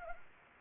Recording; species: mosquito wingbeat signal from an infrared sensor; Anopheles arabiensis